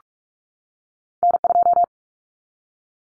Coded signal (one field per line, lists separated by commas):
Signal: Morse code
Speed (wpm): 44 wpm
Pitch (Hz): 700 Hz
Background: none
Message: N2